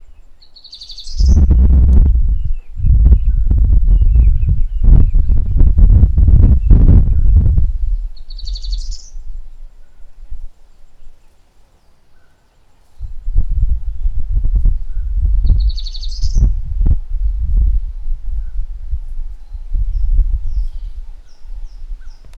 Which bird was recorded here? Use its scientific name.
Emberiza tahapisi